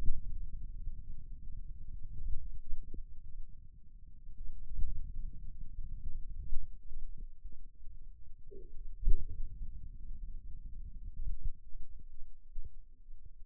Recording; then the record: forearm muscle sounds (acoustic myography)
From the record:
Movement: pen grasping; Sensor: system 2, bracelet of six BSWA MPA416 microphones around the upper forearm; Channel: 2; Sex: male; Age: 22 years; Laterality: right